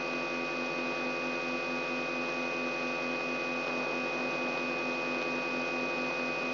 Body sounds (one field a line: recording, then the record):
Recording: brain microelectrode recording played as sound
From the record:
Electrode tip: outside the subthalamic nucleus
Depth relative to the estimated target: 4 mm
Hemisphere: right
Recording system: AlphaMap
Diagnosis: Parkinson's disease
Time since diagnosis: 9 years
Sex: female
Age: 46 years